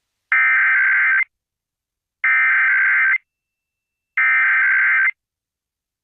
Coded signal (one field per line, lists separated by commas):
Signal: Emergency Alert System (SAME) tones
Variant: header bursts